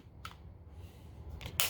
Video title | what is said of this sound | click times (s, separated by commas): BROWNELLS BRN-180 UPPER RECIEVER | it locks into place and falls whenever you charge the bolt alright | 1.6 s